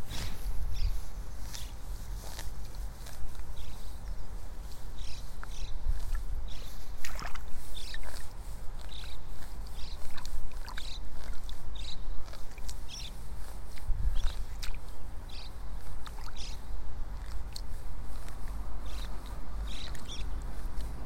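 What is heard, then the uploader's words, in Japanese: Birds chirp busily throughout while someone works in a flooded seedling bed, pulling rice seedlings one by one. Short bright calls come every second or so over a steady low rumble, with occasional soft splashing and rustling, most noticeable around seven and fourteen seconds. イネの苗取り。朝から水苗代に入って、一本一本苗を取っています。片手握りいっぱいになったら、ワラで束にします。今日も鳥たち元気。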